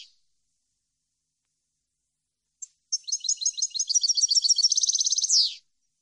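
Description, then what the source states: European goldfinch song, a single short phrase of quick liquid twittering notes running into a dense buzzy trill and ending in a descending slur. Clean goldfinch song, for birds to copy in song training.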